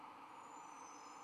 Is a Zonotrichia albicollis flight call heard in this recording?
no